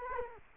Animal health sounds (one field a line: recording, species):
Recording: mosquito wingbeat signal from an infrared sensor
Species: Culex quinquefasciatus